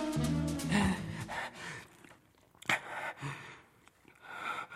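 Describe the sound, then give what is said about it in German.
A man, a neighbour at an apartment door, breathes heavily, with a few loud, rough breaths and gasping sighs that rise and fall over several seconds, with no talking. “Er atmet schwer, weil sie jung und gut aussehend sind.”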